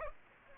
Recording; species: mosquito wingbeat signal from an infrared sensor; Aedes aegypti